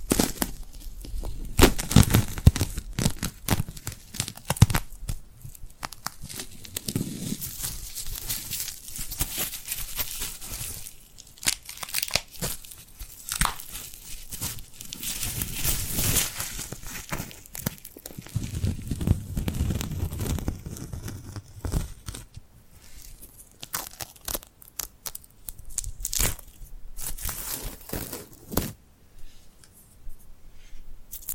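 Glued hands rubbed, pressed and peeled apart make a dense run of sticky crackles and tearing, crinkly sounds throughout. The texture is busy and bright, with thicker low rubbing swells around 7, 16 and 20 seconds, thinning toward the end.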